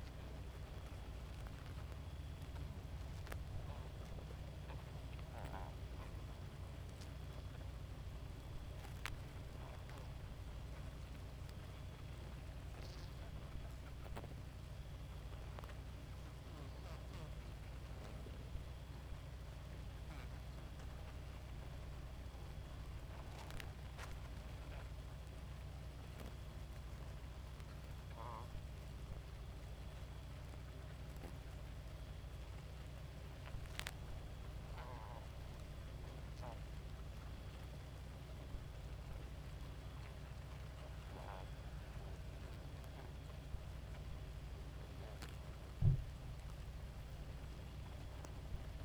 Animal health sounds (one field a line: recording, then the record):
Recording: honeybee colony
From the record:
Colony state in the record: active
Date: 28 July 2017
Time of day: 2:18